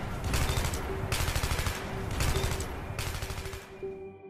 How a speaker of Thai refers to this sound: จากนั้นเสียงปืนของทหารในหน่วยของลุงต่างแผดเสียงระดมยิงเสือสมิงตัวที่อยู่ข้างล่างอย่างเดือดดาล